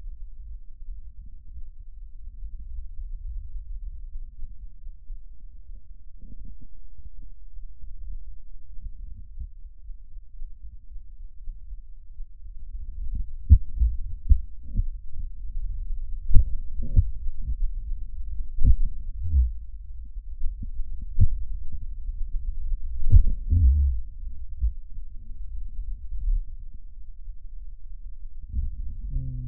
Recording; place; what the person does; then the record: lung sounds by stethoscope; left anterior apical chest; quiet breathing, then cough and speech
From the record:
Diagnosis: pulmonary infection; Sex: male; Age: 69 years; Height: 184 cm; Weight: 115 kg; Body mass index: 34.0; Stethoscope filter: bell mode